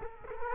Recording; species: mosquito wingbeat signal from an infrared sensor; Culex quinquefasciatus